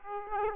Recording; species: mosquito wingbeat signal from an infrared sensor; Aedes aegypti